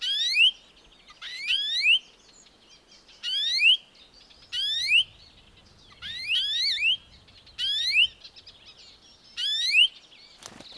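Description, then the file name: European greenfinch repeating a rising, nasal wheeze several times, ending with a sharp click. "Chloris chloris"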